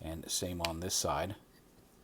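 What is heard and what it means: A plastic gun pod piece with a locking tab is handled on an Archecore ARC-14 FA Berserker Armor (SPG Platoon) action figure, about to be rotated up and pushed back into the figure's backpack on the second side. Someone talks over low background noise, and nothing has seated or clicked yet.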